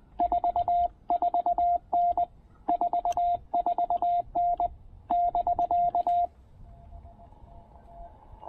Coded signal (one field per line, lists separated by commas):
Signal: Morse code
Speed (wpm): 19 wpm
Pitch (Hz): 700 Hz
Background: radio noise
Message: 44N 44N <BK>